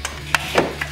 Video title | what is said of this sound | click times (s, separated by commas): Replace SPARK PLUGS **HOW TO** on a (Supercharged) Gen 2 Coyote 5.0L Mustang! | seat until you hear it kind of pop into place | 0.3 s